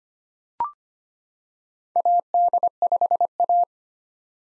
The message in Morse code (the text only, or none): AD5A